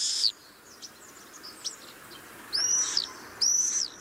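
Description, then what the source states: Common Swift screams: a loud shrill call at the start, several faint high chirps, then two loud, drawn-out, shrill screeching calls near the end. Species lives in cities and villages.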